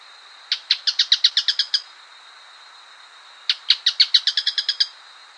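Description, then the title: Bird singing two quick rattling bursts of sharp high notes, each under a second and a half, with a sustained high whine running between them. "LuckyPassaro Completos2Sama"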